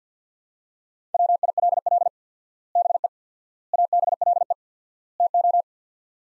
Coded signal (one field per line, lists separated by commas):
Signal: Morse code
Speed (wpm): 50 wpm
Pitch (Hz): 700 Hz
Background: none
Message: WILL BE ABLE TO